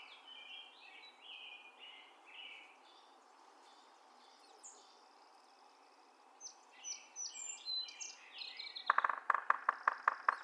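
Yellow-bellied Sapsucker drumming: a burst of sharp, rapid taps in the final seconds, with other birds' chirps and trills throughout.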